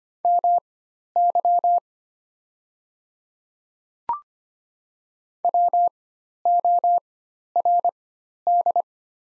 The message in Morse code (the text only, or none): MY WORD